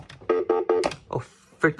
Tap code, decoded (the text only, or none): none